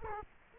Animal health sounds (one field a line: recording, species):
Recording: mosquito wingbeat signal from an infrared sensor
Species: Culex quinquefasciatus